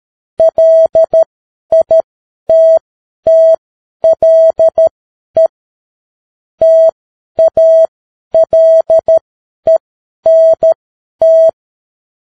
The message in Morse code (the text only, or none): LITTLE TALENT